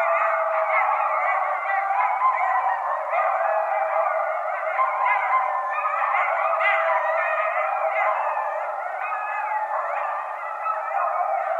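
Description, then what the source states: Coyotes yipping and howling together in a dense, continuous chorus of quavering, overlapping high cries throughout. Coyotes, more than one, recorded at night on 16 January 2012.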